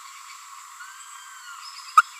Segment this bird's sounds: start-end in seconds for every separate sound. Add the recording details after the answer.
1.97-2.02. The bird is a female. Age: 29 days. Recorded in a nest box in Venezuela. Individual 17B42A4